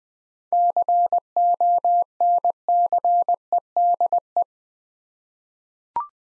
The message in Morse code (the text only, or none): CONCEDE